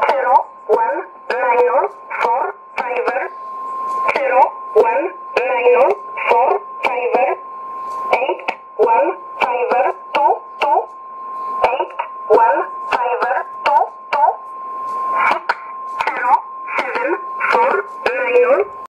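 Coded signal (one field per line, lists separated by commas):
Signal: numbers station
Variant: E11 Oblique, English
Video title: 05 04 2017 Numbers station E11 Oblique in English to Eu 0902 on 9399 in USB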